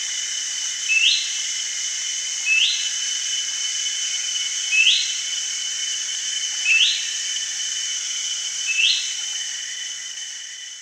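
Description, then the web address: Ferruginous babbler giving a series of five brief upslurred whistles, roughly every two seconds, against a constant shrill insect drone. Recorded at Danum on 1 January 2008. "DANUM 20080101. ferruginous babbler"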